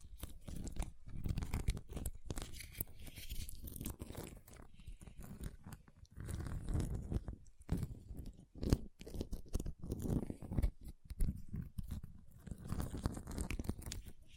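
Ice being tapped, scratched and carved in dense, irregular crunching and scraping bursts, with brief pauses near six and nine seconds.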